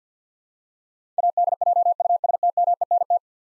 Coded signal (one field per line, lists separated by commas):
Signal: Morse code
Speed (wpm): 50 wpm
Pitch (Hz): 700 Hz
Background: none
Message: ADJUSTMENT